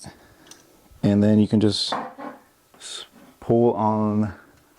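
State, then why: Not seated. Someone talks while handling a GOTRAX G2Plus foldable electric scooter, pressing the fold release and starting to pull the handlebar stem upright toward its metal folding latch. Brief handling noises are heard between the speech, but the stem has not yet seated or clicked into the latch.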